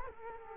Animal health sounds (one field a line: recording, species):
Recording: mosquito wingbeat signal from an infrared sensor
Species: Culex quinquefasciatus